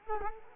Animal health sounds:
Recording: mosquito wingbeat signal from an infrared sensor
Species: Culex quinquefasciatus

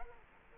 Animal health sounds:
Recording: mosquito wingbeat signal from an infrared sensor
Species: Culex quinquefasciatus

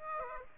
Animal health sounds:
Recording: mosquito wingbeat signal from an infrared sensor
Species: Aedes aegypti

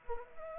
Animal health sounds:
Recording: mosquito wingbeat signal from an infrared sensor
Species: Culex pipiens

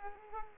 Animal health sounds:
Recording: mosquito wingbeat signal from an infrared sensor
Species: Culex pipiens

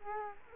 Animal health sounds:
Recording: mosquito wingbeat signal from an infrared sensor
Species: Culex quinquefasciatus

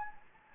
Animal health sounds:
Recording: mosquito wingbeat signal from an infrared sensor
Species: Anopheles gambiae

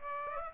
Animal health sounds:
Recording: mosquito wingbeat signal from an infrared sensor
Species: Aedes aegypti

